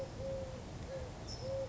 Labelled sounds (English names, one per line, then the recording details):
California Towhee
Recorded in Sonoma County, California